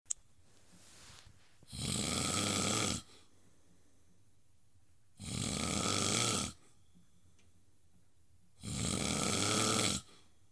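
Three loud, rasping snores, each lasting over a second, recur about every three and a half seconds, roughly 17 a minute, with quiet breathing in between. Loud snoring from vibration of the upper airway during sleep.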